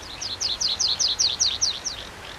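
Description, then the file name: Tree pipit phrase of many quick, clear downslurred notes repeated evenly, bright and high. Recorded at Irkut on 19 May 2012. "19-05-12 Irkut An Trivialis"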